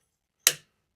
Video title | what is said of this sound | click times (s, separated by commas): Garmin Zumo XT & XT2 Security Lock by MotoPumps Install Honda Goldwing #motopumps #garmin #goldwing | So you put it in from the bottom first, push it down to it snaps, and it clicks into place. | 0.5 s